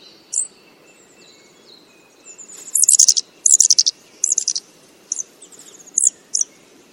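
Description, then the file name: Blue flycatcher alarm calls: sharp high chips and short rapid bursts, clustered in the middle, with faint thin high trills between. "suara alarm panggilan cikrakperi biru omkicau"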